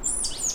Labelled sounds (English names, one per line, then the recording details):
Stitchbird song
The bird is a male
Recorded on Tiritiri Matangi Island, New Zealand, in 2005
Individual 1, of nest box 1